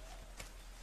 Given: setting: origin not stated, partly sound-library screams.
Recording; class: one-second piece from a danger detection set; normal situation